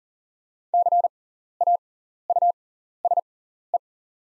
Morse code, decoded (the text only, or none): CAUSE